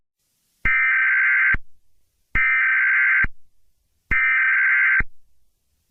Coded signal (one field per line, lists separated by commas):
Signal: Emergency Alert System (SAME) tones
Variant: header bursts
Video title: EAS Scenario/Analog) The Extreme Tornado